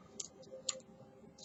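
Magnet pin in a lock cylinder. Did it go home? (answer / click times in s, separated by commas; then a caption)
yes / 0.7 s. A magnetic pin inside an ABS lock cylinder is felt for and set using a magnet on the tip of a pick. Small, sharp ticks come at 0.2 s, then a louder, sharper click at 0.7 s as the pin seats into place.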